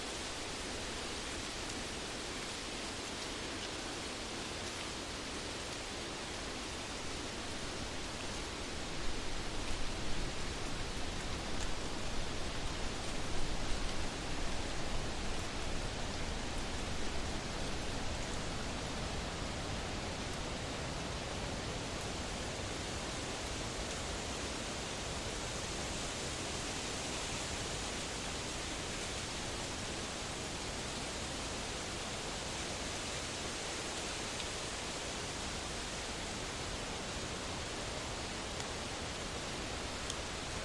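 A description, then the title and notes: Wind moves through dry, crinkly autumn leaves in a steady, dense hiss that fills the whole clip. A stronger gust swells around ten to eighteen seconds, bringing louder rustling, then the sound settles back to an even, rushing wash. Windy Leaves in Fall. Not only do you get windy sounds in the audio, you get crinkly leaves crackling in your ear as well. Windy, crinkly leaves.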